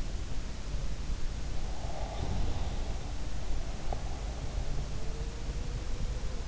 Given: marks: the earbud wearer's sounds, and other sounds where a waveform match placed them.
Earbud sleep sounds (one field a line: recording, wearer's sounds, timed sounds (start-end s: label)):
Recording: sounds in sleep by an in-ear microphone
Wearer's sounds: breath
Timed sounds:
1.68-2.81 s: breath